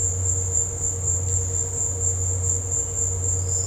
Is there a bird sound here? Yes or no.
no